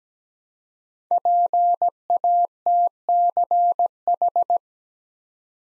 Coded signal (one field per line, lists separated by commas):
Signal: Morse code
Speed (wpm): 17 wpm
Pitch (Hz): 700 Hz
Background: none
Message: PATCH